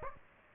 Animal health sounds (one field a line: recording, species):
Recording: mosquito wingbeat signal from an infrared sensor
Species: Aedes aegypti